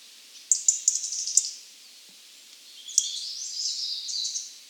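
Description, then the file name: European robin song: two short high warbling phrases of sharp tinkling notes and thin trills, the second longer and more fluid, separated by a pause. "Erithacus rubecula"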